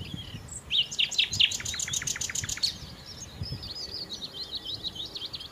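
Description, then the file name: Common nightingale song: a run of loud, sharp repeated notes, then softer warbling twitters. "Nachtigall"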